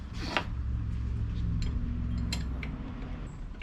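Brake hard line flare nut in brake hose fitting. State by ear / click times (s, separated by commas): stripped / none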